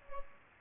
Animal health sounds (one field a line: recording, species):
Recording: mosquito wingbeat signal from an infrared sensor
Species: Culex pipiens